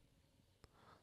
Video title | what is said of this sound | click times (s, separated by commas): Cycloidal Drive - 3DPrintingAge | like this and it clicks in place | 0.6 s